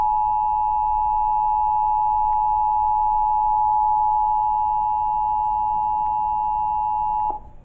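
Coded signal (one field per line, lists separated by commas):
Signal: Emergency Alert System (SAME) tones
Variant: 853 and 960 Hz attention tone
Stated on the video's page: Statewide required monthly test carried on Comcast cable, originated by a state police operations center.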